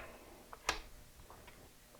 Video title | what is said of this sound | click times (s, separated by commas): Change a 110 volt-220 volt coil on a furnas size 1 Motor Starter | and those two pins just those two flanges just snapped in there | 0.7 s